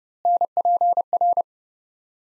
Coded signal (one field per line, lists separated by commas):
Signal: Morse code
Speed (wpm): 32 wpm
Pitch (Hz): 700 Hz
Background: none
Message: NPR